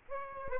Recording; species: mosquito wingbeat signal from an infrared sensor; Aedes aegypti